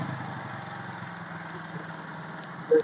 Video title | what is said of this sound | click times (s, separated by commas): Pulsar 150 Full Engine Assembly 🔥 Step By Step Engine Fitting Complete Process | तो ring lock जो है अच्छे से बैठ गया है। | 2.4 s